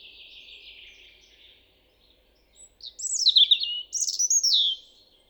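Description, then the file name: European robin: a faint trailing warble fades out, then after a pause a bright phrase of high twisting whistles and trills follows. "Erithacus rubecula"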